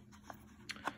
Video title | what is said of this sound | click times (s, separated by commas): Glock upgrades for the win 🔥@traditionalarmsholsters @OnYour6Designs | and what the light it does is you can hear the click to also with the with the light | 0.7 s